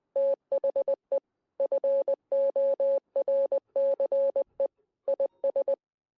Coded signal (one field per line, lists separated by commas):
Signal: Morse code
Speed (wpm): 20 wpm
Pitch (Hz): 550 Hz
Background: none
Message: THE FORCE IS